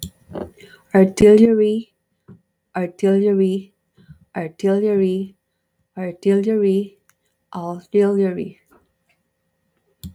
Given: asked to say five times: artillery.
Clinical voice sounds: repeated word; female; 40 to 49 years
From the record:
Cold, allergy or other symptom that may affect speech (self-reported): no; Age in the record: 45 years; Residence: North Dakota, United States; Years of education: 14

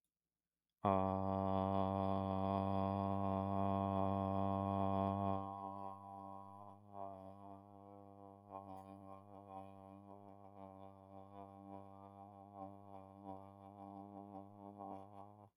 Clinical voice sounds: vowel held as long as possible; male; 20 to 29 years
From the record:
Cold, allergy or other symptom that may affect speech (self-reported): no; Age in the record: 23 years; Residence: Indiana, United States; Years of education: 16

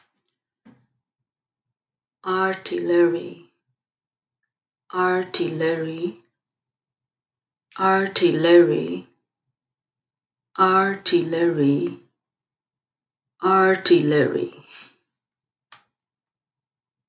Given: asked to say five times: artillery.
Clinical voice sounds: repeated word; female; 30 to 39 years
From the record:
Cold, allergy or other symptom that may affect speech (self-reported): no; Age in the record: 35 years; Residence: New York, United States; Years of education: 4

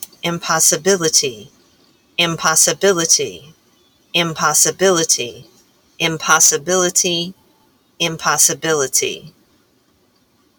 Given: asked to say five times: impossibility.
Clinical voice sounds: repeated word; female; 40 to 49 years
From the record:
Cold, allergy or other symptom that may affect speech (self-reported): no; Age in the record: 48 years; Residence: New Jersey, United States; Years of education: 16

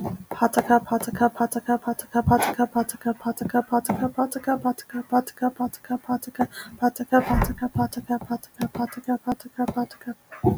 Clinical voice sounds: repeated syllables /pa ta ka/; female; 30 to 39 years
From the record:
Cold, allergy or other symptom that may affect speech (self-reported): no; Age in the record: 31 years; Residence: Arizona, United States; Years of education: 15

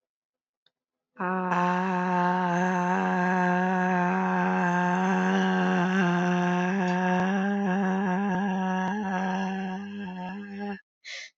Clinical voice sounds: vowel held as long as possible; female; 20 to 29 years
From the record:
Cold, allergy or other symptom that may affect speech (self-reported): no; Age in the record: 23 years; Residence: New York, United States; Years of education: 12

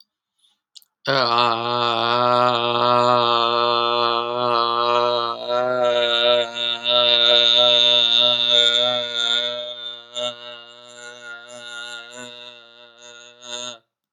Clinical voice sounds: vowel held as long as possible; male; 20 to 29 years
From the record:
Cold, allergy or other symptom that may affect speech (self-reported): no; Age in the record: 29 years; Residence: Illinois, United States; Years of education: 16

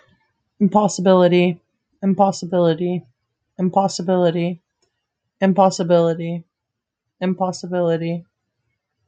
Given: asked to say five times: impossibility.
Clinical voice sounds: repeated word; female; 20 to 29 years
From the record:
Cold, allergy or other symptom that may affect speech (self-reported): no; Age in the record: 23 years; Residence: Florida, United States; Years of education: 13

